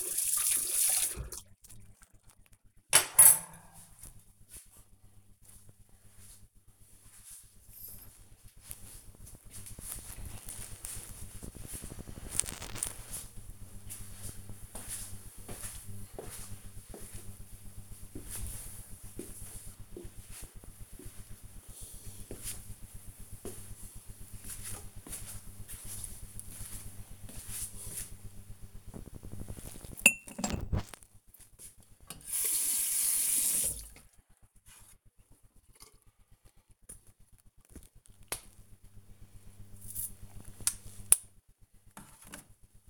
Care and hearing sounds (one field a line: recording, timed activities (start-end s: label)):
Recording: household activities, microphone on the right wrist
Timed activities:
0.00-5.19 s: washing dishes
29.34-42.89 s: brushing teeth